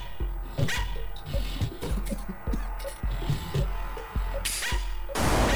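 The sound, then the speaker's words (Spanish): A hungry dog barks and yips in short, irregular bursts over a steady low hum, with a few sharper, louder barks standing out, and no one speaking. “Mira al perro, que tiene hambre.”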